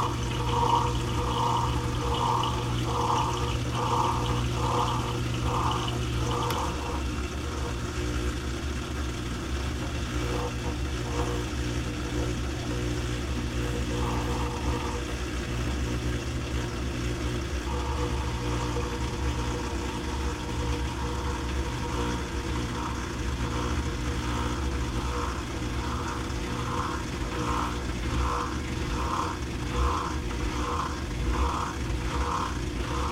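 A dishwasher runs with a steady low hum and rushing water, broken by rhythmic pulsing churns that pause midway then return faster.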